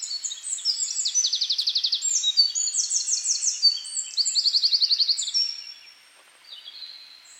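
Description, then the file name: Eurasian wren song: a loud, high, rapid outpouring of twittering notes and fast buzzy trills lasting about five seconds, then near quiet with a faint phrase near the end. "Troglodytes troglodytes"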